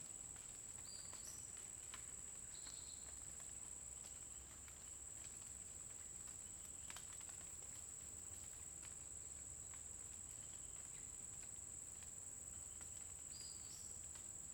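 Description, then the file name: Cricket giving a continuous shrill trill, with a few brief whistled bird phrases near the start and again near the end. Constant cricket sound in a forest during the day, with a bird singing at intervals. "Grilo constante na floresta dia passaro canta em intervalos"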